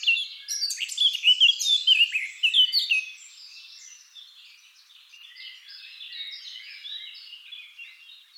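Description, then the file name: Eurasian blackcap singing a loud, rich warble of mixed whistled and scratchy notes for about three seconds, then a quieter, thinner twittering continues to the end. "Sylvia atricapilla"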